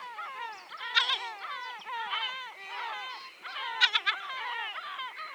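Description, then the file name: Yellow-legged gulls in a noisy chorus of wailing, bending yelps and sharp squeals, many birds calling at once. Many birds giving various calls. "Goéland leucophée (Larus michahellis) - Nombreux oiseaux divers cris"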